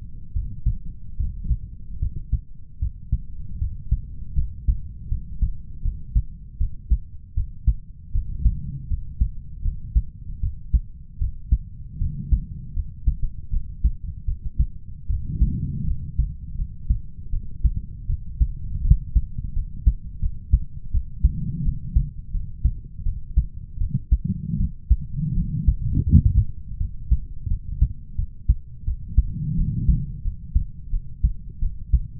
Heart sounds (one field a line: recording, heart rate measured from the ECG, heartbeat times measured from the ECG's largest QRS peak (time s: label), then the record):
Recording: heart sounds by stethoscope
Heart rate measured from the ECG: 81 bpm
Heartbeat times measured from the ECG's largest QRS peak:
0.33 s: heartbeat
1.17 s: heartbeat
1.99 s: heartbeat
2.79 s: heartbeat
3.59 s: heartbeat
4.35 s: heartbeat
5.09 s: heartbeat
5.82 s: heartbeat
6.58 s: heartbeat
7.34 s: heartbeat
8.12 s: heartbeat
8.88 s: heartbeat
9.62 s: heartbeat
10.40 s: heartbeat
11.18 s: heartbeat
11.98 s: heartbeat
12.74 s: heartbeat
13.50 s: heartbeat
14.25 s: heartbeat
15.07 s: heartbeat
15.85 s: heartbeat
16.55 s: heartbeat
17.30 s: heartbeat
18.06 s: heartbeat
18.81 s: heartbeat
19.53 s: heartbeat
20.19 s: heartbeat
20.91 s: heartbeat
21.62 s: heartbeat
22.31 s: heartbeat
23.03 s: heartbeat
23.78 s: heartbeat
24.57 s: heartbeat
25.34 s: heartbeat
26.03 s: heartbeat
26.77 s: heartbeat
27.47 s: heartbeat
28.15 s: heartbeat
28.84 s: heartbeat
29.55 s: heartbeat
30.22 s: heartbeat
30.90 s: heartbeat
31.59 s: heartbeat
From the record:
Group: healthy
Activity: rest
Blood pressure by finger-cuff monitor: 92/62 mmHg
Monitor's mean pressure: 72 mmHg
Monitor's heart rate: 80 bpm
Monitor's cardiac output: 6.6 L/min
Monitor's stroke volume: 82 mL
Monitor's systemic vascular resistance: 780 dyn s/cm5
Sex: male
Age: 20 years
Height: 187 cm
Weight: 68.9 kg